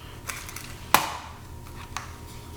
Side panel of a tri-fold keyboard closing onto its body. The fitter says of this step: just feels very mechanical and it has a nice click to it when you're Folding It Up